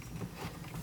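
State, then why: Not seated. After the release tool is removed, a plastic switch module is pushed back into its slot in the center console trim panel of an Audi SQ5, producing a quiet, low rumbling sliding noise with a brief louder bump at the very end. No click is heard, and nothing clicks into place. The module is still considered installed because it no longer slides out easily.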